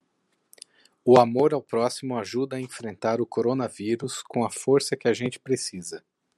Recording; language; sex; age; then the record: spoken sentence; Brazilian Portuguese; male; 40 to 49 years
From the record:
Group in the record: control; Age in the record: 45 years